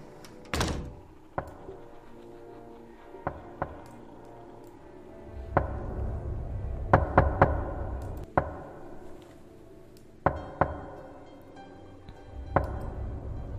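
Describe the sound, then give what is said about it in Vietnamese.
Sharp, hard knocks on a door at night come in irregular bursts, sometimes singly and sometimes in quick clusters of two or three, over a low, steady rumble with no voices. “Tiếng gõ cửa vang lên trong màn đêm.”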